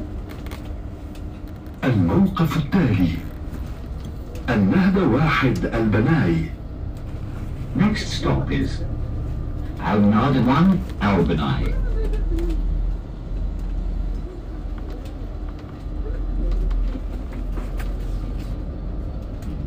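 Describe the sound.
A man's voice speaks in several short bursts, around 2, 5, 8 and 10 seconds, over a steady low rumble of a bus or metro ride. After about 12 seconds the talking stops and only the continuous low vehicle hum remains, with faint scattered noises.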